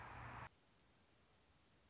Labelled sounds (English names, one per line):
Anna's Hummingbird